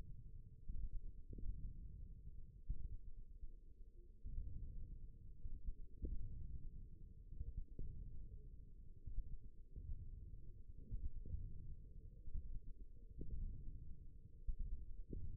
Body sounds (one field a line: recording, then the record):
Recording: forearm muscle sounds (acoustic myography)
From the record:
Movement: wrist extension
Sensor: system 1, eight BSWA MPA416 microphones around the upper forearm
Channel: 1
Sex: male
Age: 54 years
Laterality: right